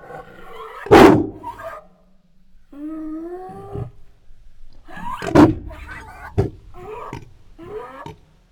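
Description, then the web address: Tiger snarling and roaring, sharp explosive bursts mixed with tonal moaning growls and brief harsh coughs, several separate outbursts with short silences between. Aggressive and protective roars. "Sound Ideas Tigers Sound Effects"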